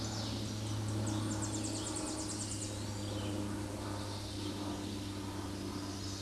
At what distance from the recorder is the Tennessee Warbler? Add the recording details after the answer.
about 40 m. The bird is about 20 m above the microphone. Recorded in a Pennsylvania forest on 16 May 2024 at 08:06. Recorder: AudioMoth, point MSD-2258. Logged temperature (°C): 15.2 °C. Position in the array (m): 145 m, 113 m